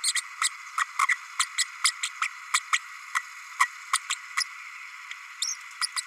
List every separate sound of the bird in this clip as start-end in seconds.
0.03-0.13, 0.43-0.48, 0.78-0.84, 1.08-1.17, 1.39-1.46, 1.58-1.64, 1.84-1.91, 2.03-2.09, 2.21-2.28, 2.53-2.60, 2.72-2.78, 3.14-3.19, 3.59-3.67, 3.93-3.98, 4.09-4.15, 4.37-4.44, 5.41-5.54, 5.81-5.87, 5.96-6.01